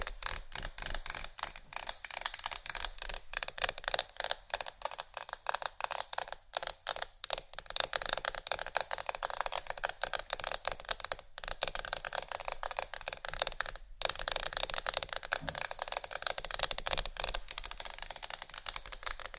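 Fast tapping on wood, a book and metal runs for the whole stretch in dense, rapid clicks with a dry, bright edge. The rhythm is quick and slightly uneven, with a few brief gaps near 6, 11 and 14 seconds before it carries on.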